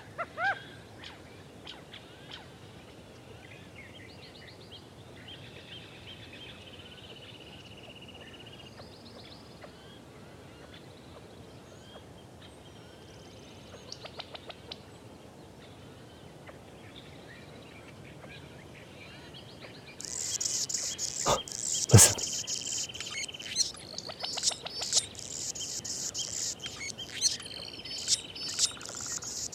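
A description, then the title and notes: Birds call and chirp over a soft, steady hiss of outdoor ambience, with thin tonal whistles and scattered short peeps. Around twenty seconds a dense, bright buzzing of insects or chattering birds swells in and continues to the end, with a sharp click near twenty-two seconds. The Blue Oaks of Sequoia. The blue oak woodlands in Sequoia National Park in California. A multitude of creatures, great and small, amid the sonic grandeur of nature.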